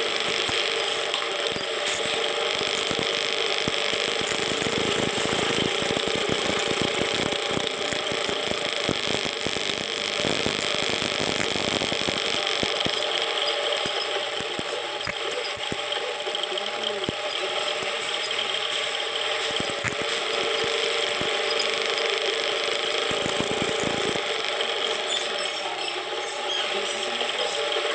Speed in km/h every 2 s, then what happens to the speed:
8, 7, 8, 12, 13, 13, 12, 9, 6, 4, 5, 6, 7, 4.
0-10 steady at about 8. 10-18 slows to 4. 18-28 steady at about 5.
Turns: none.